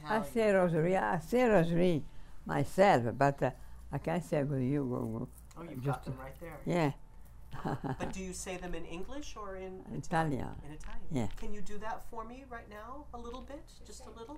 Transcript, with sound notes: I say the rosary, I say the rosary myself, but I can't say for you.
Oh, you've got them right there.
Yeah. ( she laughs )
But do you say them in English, or in...
In Italian.
In Italian.
Yeah.
Can you do that for me right now a little bit, just a little?